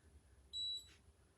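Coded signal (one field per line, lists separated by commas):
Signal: beep code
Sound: a single short high-pitched electronic beep followed by a soft rustle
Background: quiet room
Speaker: it'll beep about every 15 seconds, and that means the device is working.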